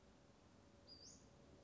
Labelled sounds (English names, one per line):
Western Flycatcher